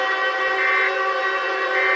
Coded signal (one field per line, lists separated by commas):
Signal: Emergency Alert System (SAME) tones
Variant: end-of-message bursts